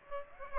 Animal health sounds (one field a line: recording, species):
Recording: mosquito wingbeat signal from an infrared sensor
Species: Aedes aegypti